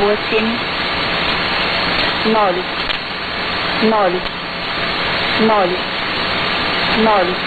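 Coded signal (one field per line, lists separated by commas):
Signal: numbers station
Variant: S06s, Russian female voice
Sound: woman's voice reading single Russian digits, about five evenly spaced words over hiss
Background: radio static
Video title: 03 08 2018 S06s Russian Lady numbers station in Russian to Eu 0941 on 9655 unknown tx site USB+AM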